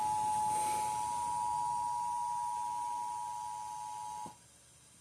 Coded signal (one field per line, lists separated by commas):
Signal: Emergency Alert System (SAME) tones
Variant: 853 and 960 Hz attention tone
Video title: eas severe thuderstorm warning on Wmah-Fm